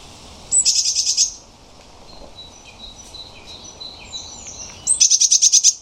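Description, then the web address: Eurasian blue tit calls: two bursts of rapid, high, evenly repeated notes at the start and end, with softer twittering in between. "cianscape birddata Deverinetal 2025 File origin Bird Only Cy Ca"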